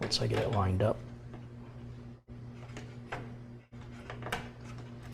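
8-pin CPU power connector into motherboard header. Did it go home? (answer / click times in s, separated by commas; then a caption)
yes / 4.3 s. An 8-pin (4+4) CPU power plug is lined up and pushed into the motherboard header in the top corner while someone talks. A steady low hum runs underneath, with a few short plastic ticks before the connector clicks into place at 4.3 s, and the plug ends up seated.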